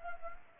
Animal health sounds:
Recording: mosquito wingbeat signal from an infrared sensor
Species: Anopheles gambiae

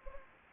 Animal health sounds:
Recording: mosquito wingbeat signal from an infrared sensor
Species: Anopheles gambiae

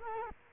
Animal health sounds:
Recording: mosquito wingbeat signal from an infrared sensor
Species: Culex quinquefasciatus

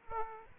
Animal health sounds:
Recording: mosquito wingbeat signal from an infrared sensor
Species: Aedes aegypti

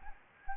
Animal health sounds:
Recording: mosquito wingbeat signal from an infrared sensor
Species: Anopheles gambiae

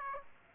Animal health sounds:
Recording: mosquito wingbeat signal from an infrared sensor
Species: Aedes aegypti

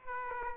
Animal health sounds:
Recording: mosquito wingbeat signal from an infrared sensor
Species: Aedes aegypti

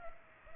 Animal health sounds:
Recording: mosquito wingbeat signal from an infrared sensor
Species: Culex pipiens

